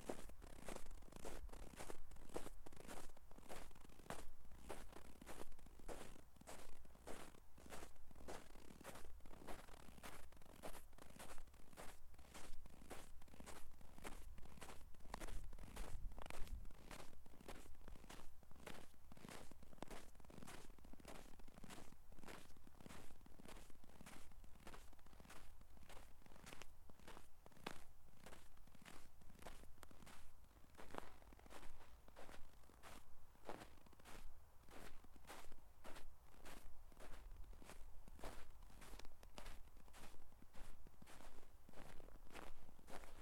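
Hard-soled shoes crunch through snow in a steady walking rhythm, about two crisp, gritty steps per second for the whole stretch. A low, constant rumble sits underneath, with a brief louder thump of wind or movement around the middle.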